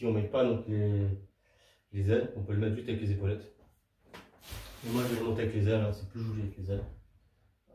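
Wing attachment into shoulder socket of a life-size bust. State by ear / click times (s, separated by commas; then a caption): not seated / none. A man talks while handling a wing piece for the shoulder socket of a life-size resin Iron Man bust (Mark 50, Infinity War). Speech fills most of the clip, with only faint handling noise in the pauses. Nothing has seated or clicked yet.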